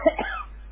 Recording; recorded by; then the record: voluntary cough; telephone call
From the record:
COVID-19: positive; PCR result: checked with the laboratory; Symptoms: yes